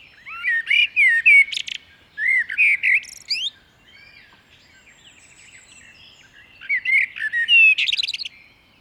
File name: Merle noir